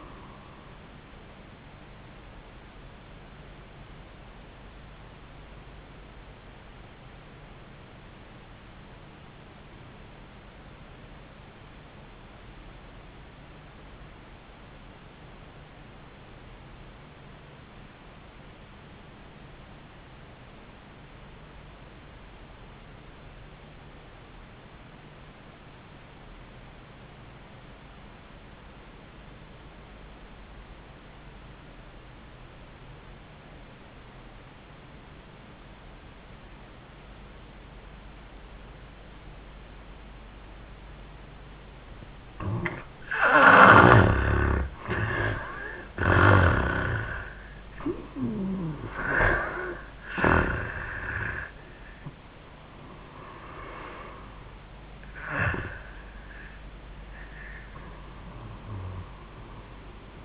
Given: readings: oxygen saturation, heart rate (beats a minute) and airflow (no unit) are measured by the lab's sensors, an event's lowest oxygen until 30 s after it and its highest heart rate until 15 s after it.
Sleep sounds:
breathing in sleep by a voice recorder at the bedside; 1
4.00-41.50 s: obstructive apnea (N1, oxygen 93% highest, then 64% lowest, heart rate 72 at the start, 85 highest)
10.00-40.00 s: new sleep stage, REM sleep
40.00-60.25 s: new sleep stage, N1 (lightest sleep)
From the record:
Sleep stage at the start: N1 (lightest sleep); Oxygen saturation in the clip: 63 to 93%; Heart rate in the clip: 56 to 85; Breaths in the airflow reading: 5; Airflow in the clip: -23.0 to 11.6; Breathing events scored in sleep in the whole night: 400 in 8.7 hours asleep

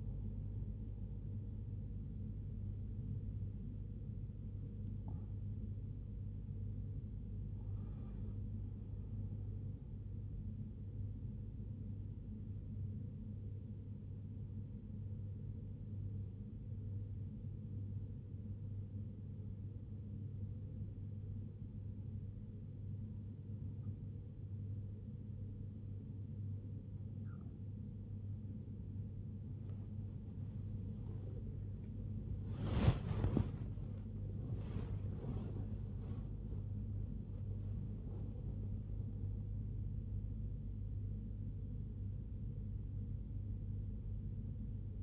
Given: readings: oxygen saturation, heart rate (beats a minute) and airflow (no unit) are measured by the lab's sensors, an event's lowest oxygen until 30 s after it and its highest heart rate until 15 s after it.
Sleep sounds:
breathing in sleep by a smartphone at the bedside; 1
0.00-12.00 s: awake
10.00-45.03 s: new sleep stage, N2 (light sleep)
12.00-31.10 s: hypopnea (N2, oxygen 96% highest, then 94% lowest, heart rate 75 at the start, 82 highest)
From the record:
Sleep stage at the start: awake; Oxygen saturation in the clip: 93 to 96%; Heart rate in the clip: 62 to 82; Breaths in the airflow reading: 13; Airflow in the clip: -3.9 to 2.1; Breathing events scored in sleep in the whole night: 101 in 7.3 hours asleep

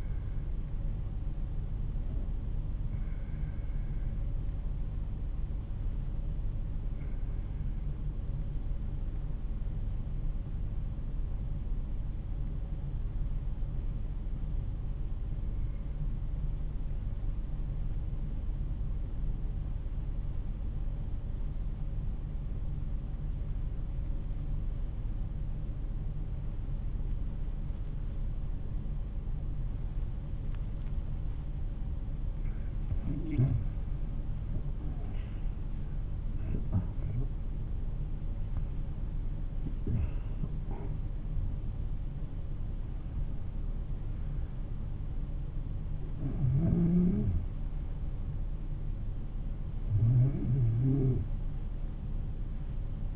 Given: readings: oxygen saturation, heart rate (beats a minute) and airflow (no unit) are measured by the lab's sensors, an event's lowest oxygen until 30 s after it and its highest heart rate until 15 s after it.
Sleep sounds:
breathing in sleep by a smartphone at the bedside; 1
4.00-33.10 s: hypopnea (N1, oxygen 96% highest, then 90% lowest)
15.00-53.16 s: new sleep stage, N2 (light sleep)
From the record:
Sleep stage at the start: N1 (lightest sleep); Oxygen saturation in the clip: 91 to 96%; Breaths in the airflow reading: 8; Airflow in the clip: -11.7 to 11.9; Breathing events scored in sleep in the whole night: 388 in 6.5 hours asleep

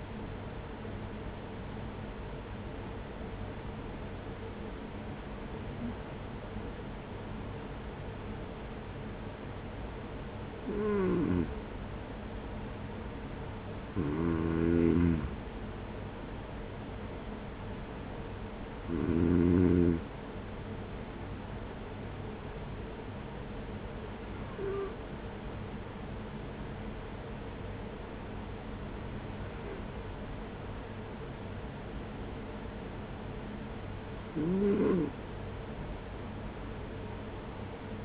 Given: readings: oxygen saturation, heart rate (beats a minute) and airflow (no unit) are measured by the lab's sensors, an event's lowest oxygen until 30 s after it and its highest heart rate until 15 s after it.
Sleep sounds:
breathing in sleep by a voice recorder at the bedside; none
none scored
From the record:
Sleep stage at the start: N2 (light sleep); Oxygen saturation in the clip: 93 to 94%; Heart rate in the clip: 45 to 50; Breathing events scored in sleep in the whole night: 210 in 6.9 hours asleep

